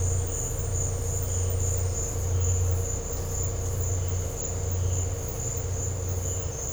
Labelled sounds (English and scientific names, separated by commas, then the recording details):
none
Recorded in dense forest near Puerto Asís, Putumayo, Colombia, on 13 March 2025 at 14:00
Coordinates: 0.468, -76.322
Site GP01